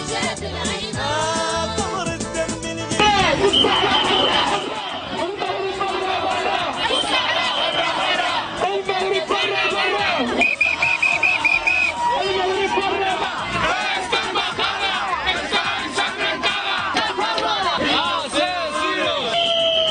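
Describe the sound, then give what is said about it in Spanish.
A crowd of over 200 Sahrawi and Spanish protesters and activists in front of the Moroccan embassy in Madrid shouts and chants loudly and continuously, overlapping voices rising into whoops and cries, with steady babble underneath throughout. “Oímos los gritos de varios compañeros saharauis y activistas de Sahara y de aquí de España, pues haciendo sus declaraciones y su manifestación pues en contra de la política genocida y de persecución”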